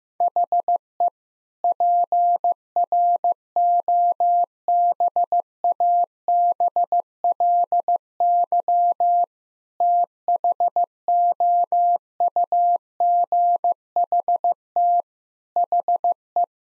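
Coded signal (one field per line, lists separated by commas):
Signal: Morse code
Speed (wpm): 15 wpm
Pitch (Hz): 700 Hz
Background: none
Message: HE PROBABLY THOUGHT HE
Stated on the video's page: Morse head-copy practice of sentences built from the top 1000 words at 15 wpm, each sent, then spoken, then sent again.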